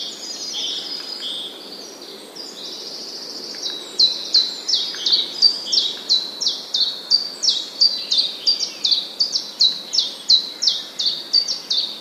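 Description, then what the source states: Common chiffchaff singing a long string of clipped, high, descending notes, about three per second, uneven in pitch, after a quieter chattering start. Recorded 16 April 2011.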